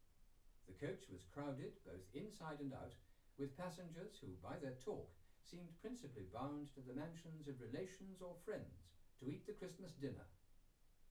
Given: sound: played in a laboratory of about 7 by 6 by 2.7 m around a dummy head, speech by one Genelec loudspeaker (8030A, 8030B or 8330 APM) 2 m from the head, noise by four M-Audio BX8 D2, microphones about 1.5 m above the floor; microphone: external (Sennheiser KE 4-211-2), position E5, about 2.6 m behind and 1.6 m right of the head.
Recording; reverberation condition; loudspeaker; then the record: male speech in English; low; 30 degrees to the right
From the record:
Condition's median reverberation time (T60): about 310 ms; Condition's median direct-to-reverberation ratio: about 3.5 dB